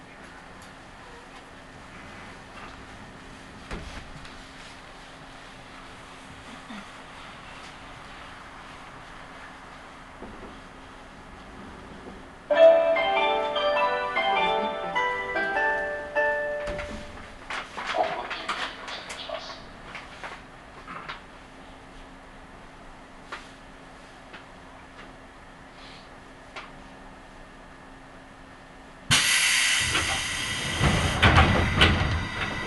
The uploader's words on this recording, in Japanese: 耳で楽しむ鉄道旅 西武鉄道 本川越→東村山→小川→萩山→青梅街道。